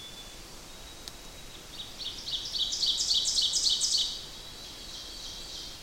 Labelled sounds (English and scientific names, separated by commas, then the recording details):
Ovenbird (Seiurus aurocapilla) song
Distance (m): 20 m
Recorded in boreal forest in Alberta, Canada, on 8 June 2016 at 06:19
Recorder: SongMeter 3, array SBT-3-9
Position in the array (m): 50 m, 107 m
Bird 33